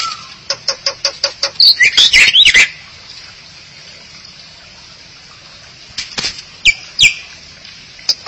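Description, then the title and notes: Starling or myna calling: a row of short evenly spaced clicks leads into a loud harsh chattering burst, then silence and a few scattered sharp chips and squeaks. "suara burung jalak"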